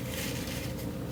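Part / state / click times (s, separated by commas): hinged lid latching onto a single-serve coffee brewer / not seated / none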